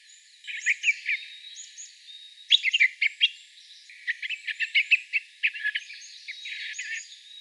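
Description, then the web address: Japanese bush warbler calls: clusters of quick, harsh chattering notes, a few bursts early then a longer run of repeated chips in the second half. Non-breeding calls (jinaki), in spring. "shun uguisu zinaki hp"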